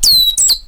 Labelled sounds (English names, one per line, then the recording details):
Stitchbird song
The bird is a male
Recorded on Tiritiri Matangi Island, New Zealand, in 2005
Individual 8, of nest box 10